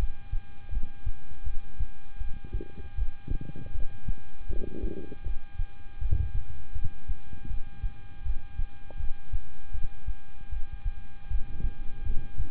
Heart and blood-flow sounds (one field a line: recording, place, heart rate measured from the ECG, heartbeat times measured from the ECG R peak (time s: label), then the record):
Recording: heart sounds by stethoscope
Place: between the tricuspid and mitral areas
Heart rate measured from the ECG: 79 bpm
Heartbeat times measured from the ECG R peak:
0.70 s: heartbeat
1.44 s: heartbeat
2.18 s: heartbeat
2.95 s: heartbeat
3.72 s: heartbeat
4.47 s: heartbeat
5.23 s: heartbeat
5.99 s: heartbeat
6.73 s: heartbeat
7.47 s: heartbeat
8.23 s: heartbeat
8.97 s: heartbeat
9.72 s: heartbeat
10.50 s: heartbeat
11.28 s: heartbeat
12.03 s: heartbeat
From the record:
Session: rest, lying down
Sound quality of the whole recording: good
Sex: male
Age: 26 years